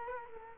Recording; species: mosquito wingbeat signal from an infrared sensor; Culex quinquefasciatus